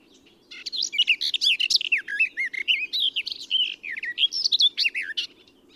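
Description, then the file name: Eurasian blackcap singing one rich, varied warbling phrase of quick fluty notes and twitters lasting about five seconds, over a steady low hum. "Sylvia atricapilla"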